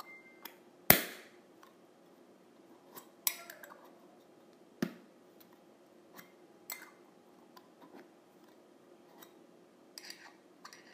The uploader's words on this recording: ASMR Lid of a Tin Container.